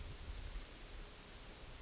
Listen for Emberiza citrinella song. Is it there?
no